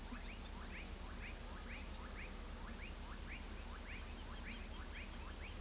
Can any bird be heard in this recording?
no